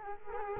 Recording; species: mosquito wingbeat signal from an infrared sensor; Culex quinquefasciatus